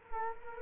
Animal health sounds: mosquito wingbeat signal from an infrared sensor; Culex quinquefasciatus

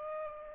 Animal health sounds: mosquito wingbeat signal from an infrared sensor; Aedes aegypti

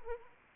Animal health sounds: mosquito wingbeat signal from an infrared sensor; Anopheles arabiensis

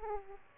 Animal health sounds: mosquito wingbeat signal from an infrared sensor; Aedes aegypti

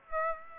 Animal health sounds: mosquito wingbeat signal from an infrared sensor; Aedes aegypti

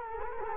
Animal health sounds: mosquito wingbeat signal from an infrared sensor; Culex quinquefasciatus

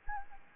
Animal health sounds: mosquito wingbeat signal from an infrared sensor; Anopheles gambiae

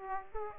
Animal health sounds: mosquito wingbeat signal from an infrared sensor; Aedes aegypti

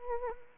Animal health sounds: mosquito wingbeat signal from an infrared sensor; Anopheles arabiensis

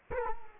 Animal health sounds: mosquito wingbeat signal from an infrared sensor; Culex quinquefasciatus

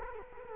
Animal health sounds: mosquito wingbeat signal from an infrared sensor; Culex quinquefasciatus

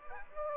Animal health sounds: mosquito wingbeat signal from an infrared sensor; Aedes aegypti

